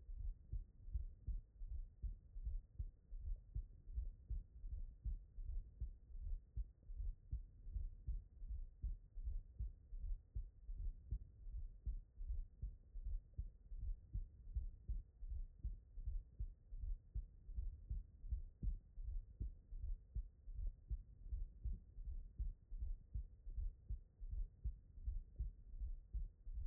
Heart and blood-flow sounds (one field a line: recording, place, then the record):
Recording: heart sounds by stethoscope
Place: tricuspid valve (TV)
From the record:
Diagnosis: non-HFrEF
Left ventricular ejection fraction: 60%